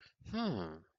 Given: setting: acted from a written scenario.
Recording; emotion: vocal sound without words; realization